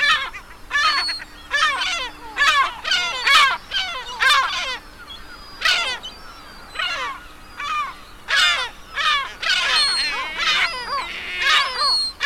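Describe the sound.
Bird giving harsh, raspy chattering calls in short, uneven, repeated bursts.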